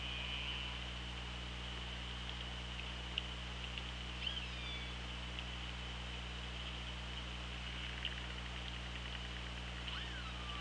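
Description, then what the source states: Orca whistles underwater, a short rising and falling tone near the middle and a falling whistle at the end, with scattered clicks, hiss and low hum. OrcaLab hydrophone, 24 August 2017, 16:34.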